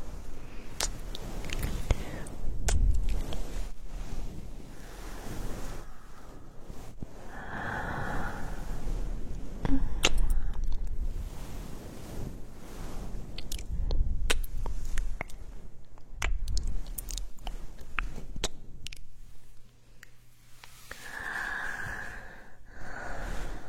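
Ear massage: continuous rubbing and brushing against the mic, with a soft low rumble and frequent sharp crackles and taps. Brighter, hissing swells of rubbing come around 7–9 and 21–23 seconds, with a brief quiet dip near 19 seconds.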